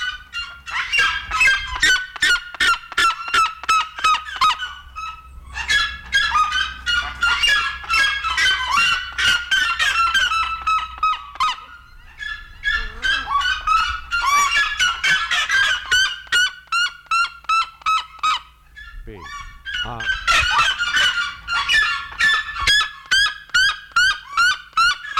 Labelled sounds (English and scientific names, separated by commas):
Red-legged Seriema (Cariama cristata) call